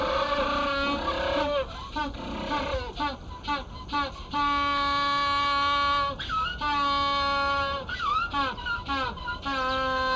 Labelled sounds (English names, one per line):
African Penguin call